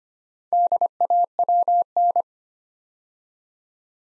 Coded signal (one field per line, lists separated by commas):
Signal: Morse code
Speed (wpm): 25 wpm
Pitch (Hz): 700 Hz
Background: none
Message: DAWN